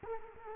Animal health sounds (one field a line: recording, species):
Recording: mosquito wingbeat signal from an infrared sensor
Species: Culex quinquefasciatus